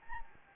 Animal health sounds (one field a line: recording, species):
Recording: mosquito wingbeat signal from an infrared sensor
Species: Anopheles gambiae